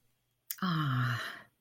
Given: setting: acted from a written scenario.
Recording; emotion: vocal sound without words; contentment